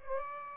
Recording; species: mosquito wingbeat signal from an infrared sensor; Aedes aegypti